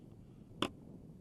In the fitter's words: push down. You hear a click. That means it's picked up the rounds.